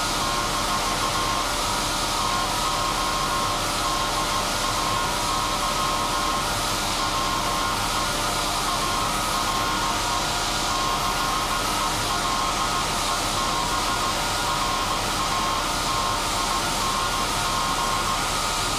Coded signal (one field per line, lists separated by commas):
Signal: Morse code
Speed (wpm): 16 wpm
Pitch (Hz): 1070 Hz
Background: none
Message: - TODAY WE ARE CELEBRATING